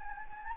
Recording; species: mosquito wingbeat signal from an infrared sensor; Anopheles gambiae